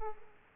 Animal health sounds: mosquito wingbeat signal from an infrared sensor; Aedes aegypti

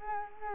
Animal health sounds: mosquito wingbeat signal from an infrared sensor; Culex quinquefasciatus

